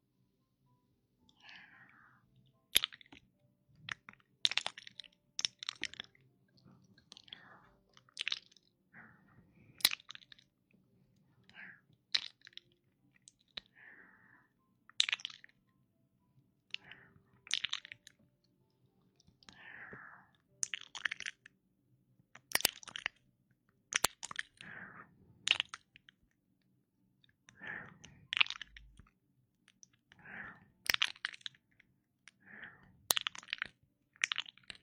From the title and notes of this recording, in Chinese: 贴耳温热呼吸~ 亲亲你。